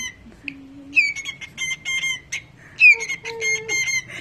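Cockatiel uttering repeated grating screech calls in two bursts.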